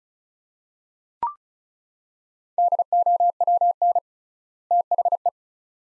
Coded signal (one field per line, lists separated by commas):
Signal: Morse code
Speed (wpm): 36 wpm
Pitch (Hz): 700 Hz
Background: none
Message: DOWN THE